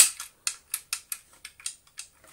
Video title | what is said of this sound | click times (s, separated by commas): #Gtech #Cordless #Repair The £15 Gtech AirRam - Full Reassembly & Testing | hopefully just push in until it clicks | 0.5 s